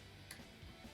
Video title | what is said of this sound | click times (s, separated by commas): Sustained Spray Squib - Operation and Use | insert it into the XLR connector on the squid body and you'll hear a small click | 0.3 s